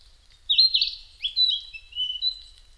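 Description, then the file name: Narcissus flycatcher song: a quick series of loud, high whistled notes, some sliding downward, over about two seconds. Recorded 5 May 2008 at 07:22. "kibitaki 20080505-0722"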